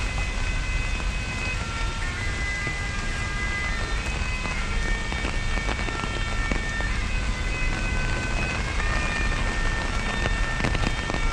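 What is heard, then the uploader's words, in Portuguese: Steady rain falls in Central Park, a dense, even hiss that never lets up. A low rumble runs underneath throughout, and thin high tones drift in and out, like distant sirens or traffic whine, over the eleven seconds. Caminhando na chuva no Central Park em Manhattan Nova York.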